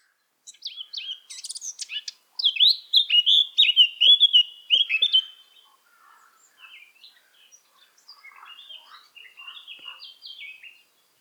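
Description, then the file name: Eurasian blackcap song: scratchy twittering leading into a loud run of clear whistled notes, then a quieter, rambling warble. "Sylvia atricapilla"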